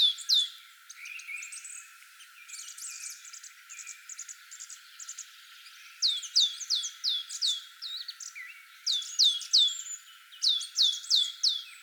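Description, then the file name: Great tit giving clipped, falling high notes in rapid runs of five or six, most clearly in the second half, with softer twittering between. "Parus major"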